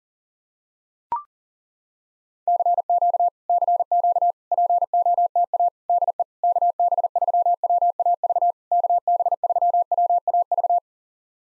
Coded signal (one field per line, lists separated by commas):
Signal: Morse code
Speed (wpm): 40 wpm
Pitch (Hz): 700 Hz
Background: none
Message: CQ CQ POTA DE KB3WAV KB3WAV